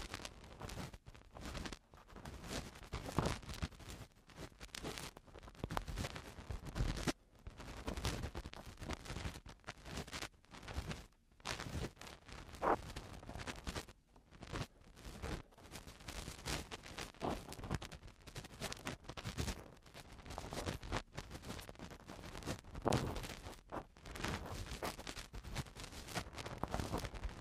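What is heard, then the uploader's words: Eardrum cleaning, heard as dense, rapid crackling and scratchy rustling that runs almost without pause. Clusters of sharp pops come in irregular bursts, broken by brief silences near 1, 7, 11 and 14 seconds, with faint low rumbling underneath. Eardrum Cleaning (No Talking).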